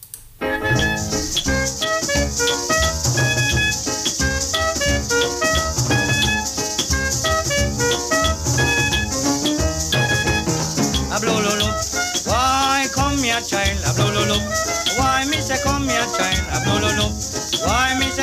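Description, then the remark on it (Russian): A cheerful calypso recording plays steadily throughout, with bright, bouncy melodic lines over a busy rhythmic backing, holding an even, fairly loud level from start to finish. “Прикольная, веселая музыка.”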